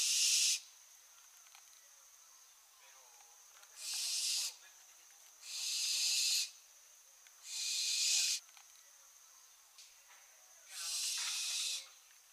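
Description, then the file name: Barn owl giving five harsh, hissing screeches, each up to about a second long, spaced irregularly, over a faint steady high-pitched tone. "Schleiereule - Tyto alba"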